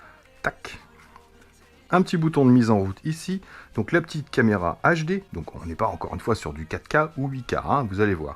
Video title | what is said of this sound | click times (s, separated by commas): JJRC H111 Fun et Performant - Review Test Démo - Bonne chance ! | petits bras on a bien un petit clic à chaque fois tac | 0.5 s, 0.7 s